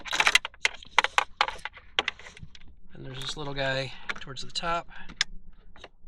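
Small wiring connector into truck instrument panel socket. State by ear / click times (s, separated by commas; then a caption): seated / 5.2 s. A small wiring connector at the top of a Ram 1500 truck's instrument panel is pushed into its socket during reassembly for a blend door actuator replacement. Sharp clicks and rattles come in the first second, someone talks, and the connector seats with a crisp click at 5.2 s.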